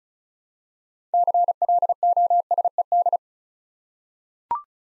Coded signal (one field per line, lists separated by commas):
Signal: Morse code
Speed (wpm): 36 wpm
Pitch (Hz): 700 Hz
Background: none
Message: CLOSED